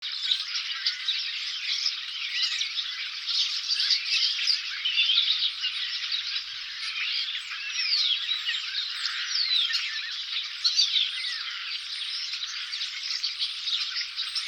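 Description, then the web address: Birds chirping in a dense, continuous chorus of many overlapping high twittering and squeaky notes, with no single caller standing out. "Daddy Chronic soundarchiv entry 9 birds"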